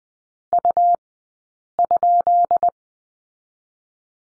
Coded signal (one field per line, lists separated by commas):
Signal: Morse code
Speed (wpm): 20 wpm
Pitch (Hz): 690 Hz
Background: none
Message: U?